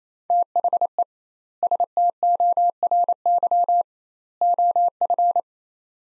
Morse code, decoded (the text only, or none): THE STORY OF